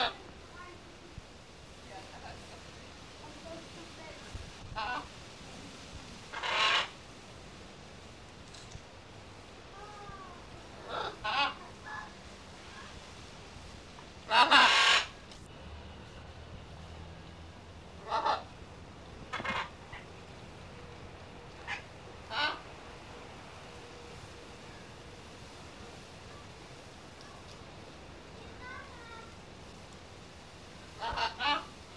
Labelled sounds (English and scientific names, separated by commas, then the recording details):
Red-and-green Macaw (Ara chloropterus) call
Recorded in captivity
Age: adult
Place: Zoopark Erfurt, Thüringen, DE
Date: 1966-09-01
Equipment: Uher 4000 Report-S, Transistorverstärker II, Sennheiser MD 421
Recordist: Tembrock, Günter